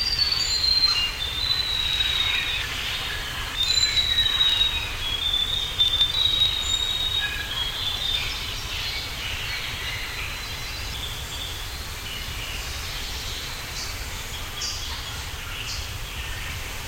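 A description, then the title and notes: Tropical birds call over a steady low rumble of noise. High, thin whistles and chirps cluster in the first seven seconds, then thin out to occasional calls. A constant faint high hiss runs throughout, and the background stays dense and even. Tropical Birds.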